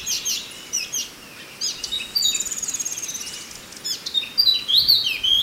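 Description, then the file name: Chinese hwamei: songbird phrases of sharp whistles and a fast, buzzy trill, then clear slurred notes near the end, with a faint hiss throughout. "suara alam hwamei"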